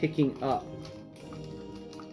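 Someone talks over background music while handling the plastic limb joint of a combined Power Rangers Dino-Megazord toy robot figure, picking up a section to raise it back upright one ratchet step at a time. Faint handling sounds follow the talking, but nothing has seated or clicked yet when the clip ends.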